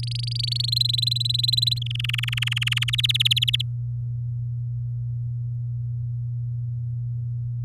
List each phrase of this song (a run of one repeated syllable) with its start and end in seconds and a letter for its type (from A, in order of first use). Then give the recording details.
0.00-0.66 A, 0.68-1.79 B, 1.82-2.90 C, 2.93-3.62 D. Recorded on 9 May 2018 at 05:44. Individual llb16